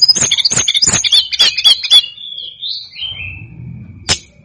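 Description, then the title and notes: Snowy-browed flycatcher song: a rapid scratchy jumble of high notes, then a thin falling whistle that trails away, with one sharp click near the end. Masteran song for training songbirds; Indonesian names tledekan gunung and sikatan gunung. "Masteran Tledekan Gunung Sikatan Gunung 1. BURUNG TLEDEKAN"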